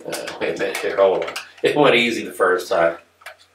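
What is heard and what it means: Plastic foldable landing gear is being pushed down at the back onto the body of a Mavic Air 2 camera drone while someone talks, with two brief faint ticks near 3.3 and 3.4 seconds. The gear is only being handled; nothing has snapped or seated yet.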